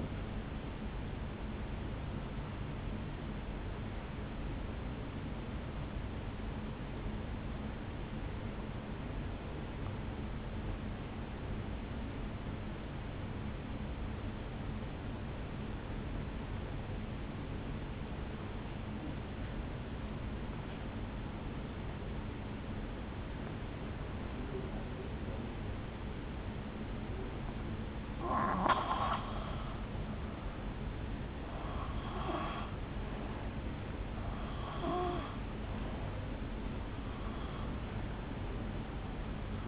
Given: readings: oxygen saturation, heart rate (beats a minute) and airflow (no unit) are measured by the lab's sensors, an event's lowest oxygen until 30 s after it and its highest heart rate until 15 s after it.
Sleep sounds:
breathing in sleep by a voice recorder at the bedside; 1
8.00-31.00 s: obstructive apnea (N1, oxygen 97% highest, then 86% lowest, heart rate 50 at the start, 70 highest)
19.00-39.68 s: new sleep stage, N2 (light sleep)
From the record:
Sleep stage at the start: N1 (lightest sleep); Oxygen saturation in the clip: 83 to 97%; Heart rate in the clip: 49 to 70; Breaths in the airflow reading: 4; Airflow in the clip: -6.8 to 3.6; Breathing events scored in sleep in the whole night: 449 in 7.0 hours asleep

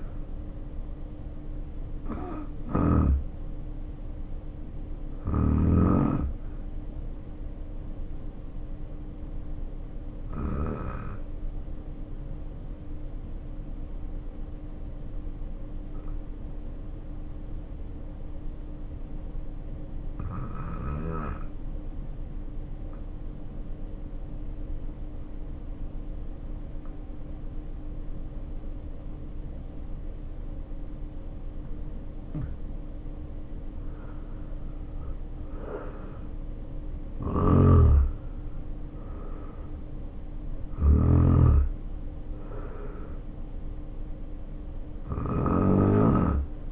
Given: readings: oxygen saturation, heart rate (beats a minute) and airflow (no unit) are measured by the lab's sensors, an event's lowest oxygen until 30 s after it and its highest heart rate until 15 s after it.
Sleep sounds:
breathing in sleep by a smartphone at the bedside; 1
15.00-38.10 s: obstructive apnea (N2, oxygen 94% highest, then 79% lowest, heart rate 51 at the start, 70 highest)
From the record:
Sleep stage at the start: N2 (light sleep); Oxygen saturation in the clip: 78 to 94%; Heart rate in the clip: 49 to 72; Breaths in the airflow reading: 6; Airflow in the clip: -5.9 to 5.7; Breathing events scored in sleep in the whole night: 520 in 7.2 hours asleep

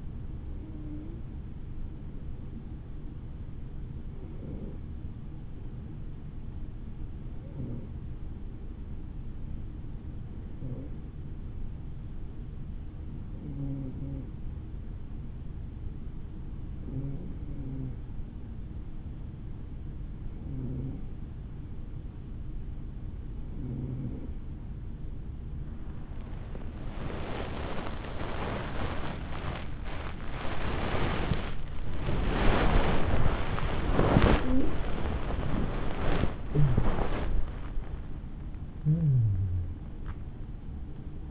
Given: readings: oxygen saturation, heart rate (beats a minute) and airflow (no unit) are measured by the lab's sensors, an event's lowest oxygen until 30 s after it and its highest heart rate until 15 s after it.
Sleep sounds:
breathing in sleep by a smartphone at the bedside; 1
9.00-25.20 s: hypopnea (N2, oxygen 96% highest, then 94% lowest, heart rate 52 at the start, 80 highest)
36.00-41.31 s: new sleep stage, N1 (lightest sleep)
From the record:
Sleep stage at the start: N2 (light sleep); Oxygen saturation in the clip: 94 to 96%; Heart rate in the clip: 50 to 80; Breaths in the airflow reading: 12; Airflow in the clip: -10.1 to 12.1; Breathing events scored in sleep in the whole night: 216 in 7.0 hours asleep

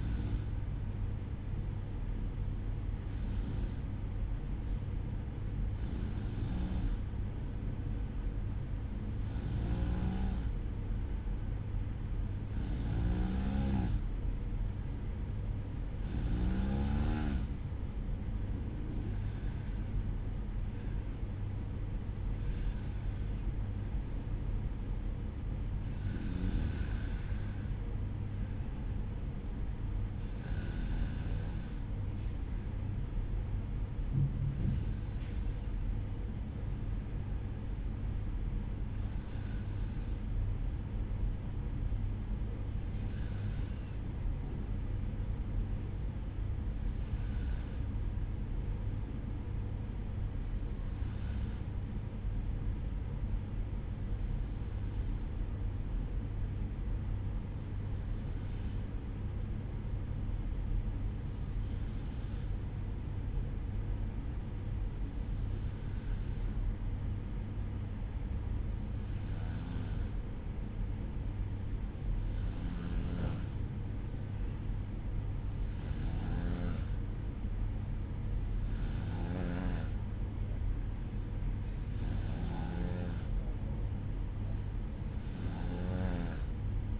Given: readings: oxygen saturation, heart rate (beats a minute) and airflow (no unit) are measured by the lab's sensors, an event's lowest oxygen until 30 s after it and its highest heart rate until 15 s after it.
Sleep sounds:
breathing in sleep by a smartphone at the bedside; 1
45.00-72.60 s: hypopnea (N2, oxygen 95% highest, then 91% lowest, heart rate 58 at the start, 64 highest)
From the record:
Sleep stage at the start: N2 (light sleep); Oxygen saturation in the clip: 92 to 95%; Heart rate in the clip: 58 to 64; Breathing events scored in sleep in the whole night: 305 in 9.6 hours asleep

